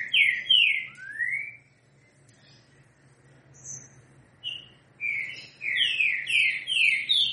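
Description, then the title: Green-winged saltator song: two slurred whistles and a long rising note, a pause, then a fast string of bright whistled notes. Song in the style called 'três notas com boi' (three notes with boi). "Canto De Trinca Ferro. TRINCA=FERRO 3 NOTAS COM BOI"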